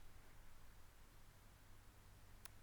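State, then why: Seated. A new carbon brush holder is pushed into a washing machine motor, with the carbon supported by hand, until it seats on its location lugs. Over a quiet low hum, a single sharp, brief click is heard at 2.5 seconds as the holder locks into place.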